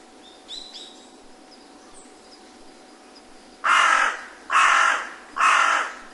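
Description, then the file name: Carrion crow: faint high bird chirps at first, then a carrion crow gives three loud, rasping caws in quick succession. "hasiboso"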